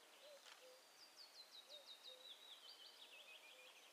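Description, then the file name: Willow warbler song: a sweet, high phrase of repeated notes gently descending in pitch over about three seconds, with a soft low note repeating in the background. Northern subspecies acredula. "Phylloscopus trochilus acredula"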